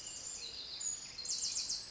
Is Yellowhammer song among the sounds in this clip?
no